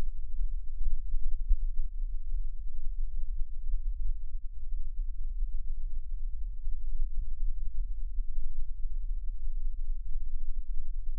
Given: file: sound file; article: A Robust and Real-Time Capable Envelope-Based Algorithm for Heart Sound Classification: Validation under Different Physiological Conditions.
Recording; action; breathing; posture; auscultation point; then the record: heart sounds by electronic stethoscope; rest; normal; sitting; centre of the back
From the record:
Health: healthy, no known heart disease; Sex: male